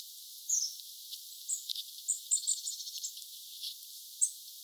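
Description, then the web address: Long-tailed tit calls: high thin see notes, then a run of quick rattling pulses in the middle, with a final sharp note near the end. Several birds calling; recorded 29 August 2025. "29 8 2025 vahan pyrstotiaisten aantelya"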